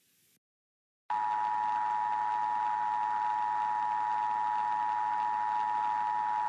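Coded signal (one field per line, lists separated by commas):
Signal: Emergency Alert System (SAME) tones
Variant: 853 and 960 Hz attention tone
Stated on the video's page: Fictional EAS scenario about an anomalous event in Louisiana.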